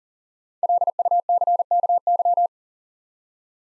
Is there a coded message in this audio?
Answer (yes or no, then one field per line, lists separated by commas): yes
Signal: Morse code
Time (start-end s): 0.6-2.5 s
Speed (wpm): 40 wpm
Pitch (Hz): 700 Hz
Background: none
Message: LUCKY